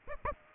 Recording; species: mosquito wingbeat signal from an infrared sensor; Aedes aegypti